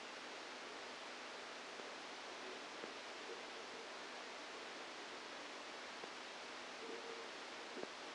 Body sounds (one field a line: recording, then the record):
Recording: brain microelectrode recording played as sound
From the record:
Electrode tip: outside the subthalamic nucleus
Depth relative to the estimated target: 4 mm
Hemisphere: right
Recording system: NeuroSet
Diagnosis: Parkinson's disease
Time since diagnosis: 7 years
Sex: female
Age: 68 years